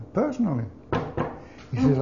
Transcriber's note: banging noise